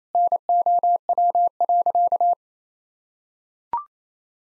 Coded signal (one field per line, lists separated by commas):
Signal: Morse code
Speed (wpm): 27 wpm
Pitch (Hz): 700 Hz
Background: none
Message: NOW.